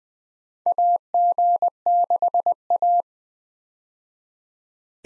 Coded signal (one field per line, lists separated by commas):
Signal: Morse code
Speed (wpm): 20 wpm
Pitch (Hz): 700 Hz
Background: none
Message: AG6A